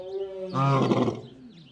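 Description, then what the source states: African lion giving one short, harsh roar of about half a second with rich harmonics. A softer tonal sound comes just before it. Captive lions at a refuge communicating with each other; staff say they warn each other before a storm or a vet's arrival, and may discuss food before late-afternoon feeding.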